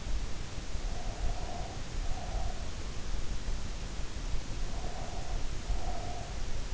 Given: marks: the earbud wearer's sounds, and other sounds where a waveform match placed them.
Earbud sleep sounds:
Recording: sounds in sleep by an in-ear microphone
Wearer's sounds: breath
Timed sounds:
0.81-2.89 s: breath
4.45-6.74 s: breath

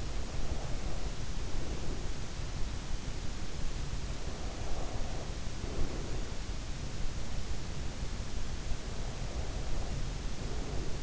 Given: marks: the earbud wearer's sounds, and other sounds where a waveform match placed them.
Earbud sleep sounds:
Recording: sounds in sleep by an in-ear microphone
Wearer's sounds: breath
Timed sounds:
0.00-2.34 s: breath
4.11-6.69 s: breath
8.74-11.03 s: breath

